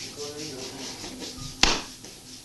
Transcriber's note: door opens and closes